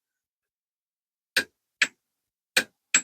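A click-type torque wrench on a 17 mm socket slowly tightens the oil drain plug on an FJR motorcycle; after about 1.3 s of silence, four sharp, bright clicks sound at about 1.4, 1.8, 2.6 and 3.0 s. The wrench click at its setting is one of those at 1.8, 2.6 or 3.0 s, and the drain plug ends up torqued.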